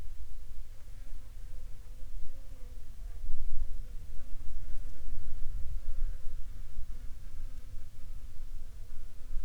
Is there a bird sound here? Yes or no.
no